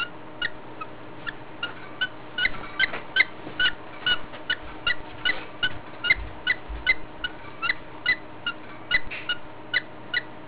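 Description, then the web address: Budgerigar laboured breathing: short squeaky clicks repeated about two to three times a second in a fairly steady rhythm, over a low constant hum. Heavy, laboured breathing in a budgerigar, presented as a health sign of parasites. "gesundheit gesparasiten schweres atmen wellensittich"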